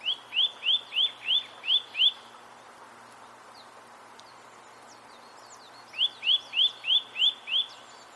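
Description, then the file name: Eurasian nuthatch calling: a quick series of seven clear, upslurred whistled notes, then a pause of about four seconds, then another run of six, over faint hiss. "Sitta europaea"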